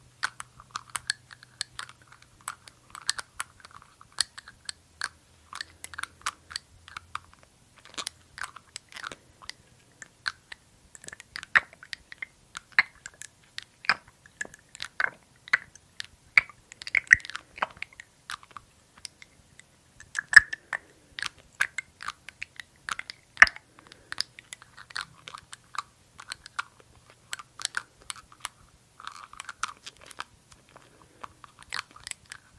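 Small glass dropper bottle and lid sounds: a near-constant run of light clicks, taps and scrapes, dense and irregular, with brief pauses around 7 and 20 seconds. Sharper clinks stand out near 17, 20 and 23 seconds, and a faint low hum sits underneath early on.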